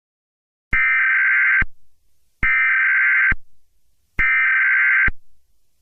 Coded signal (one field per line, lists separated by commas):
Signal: Emergency Alert System (SAME) tones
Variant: header bursts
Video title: EAS Scenario - Nuclear Armageddon